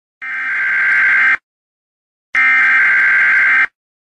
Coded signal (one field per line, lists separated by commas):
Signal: Emergency Alert System (SAME) tones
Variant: header bursts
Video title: Eas alert only on tv